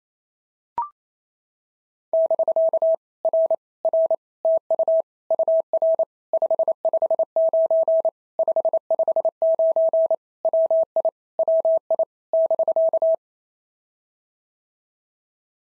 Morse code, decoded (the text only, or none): <BK> R R TU UR 559 559 WI WI <BK>